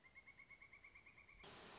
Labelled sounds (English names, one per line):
Pileated Woodpecker